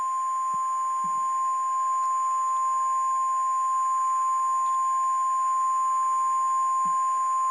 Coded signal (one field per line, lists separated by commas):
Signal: Emergency Alert System (SAME) tones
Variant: 1050 Hz attention tone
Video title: Disney's Teacher's Pet Gets Interrupted By EAS Tornado Warning